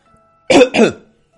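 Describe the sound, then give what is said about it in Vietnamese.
A short, soft double cough, two quick breathy bursts in a row with a slightly throaty, clearing quality, standing alone with no talking around it. “Ngay khi hai người càng ngày càng gần, Lăng Tiếu ho nhẹ một cái khôi phục thanh tỉnh nói.”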